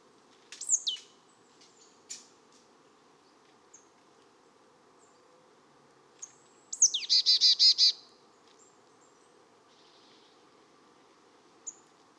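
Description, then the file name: Marsh tit calls: a few scattered high chips, then one sharp downslurred note running into several buzzy notes, with a low background hum. "Poecile palustris"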